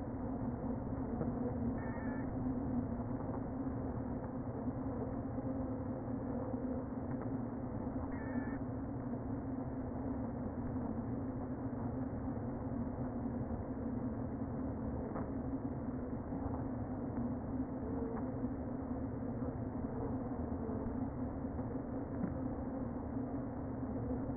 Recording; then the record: honeybee colony, microphone inside the hive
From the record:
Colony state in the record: queen present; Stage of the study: before two queens were removed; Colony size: about 60,000 bees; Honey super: yes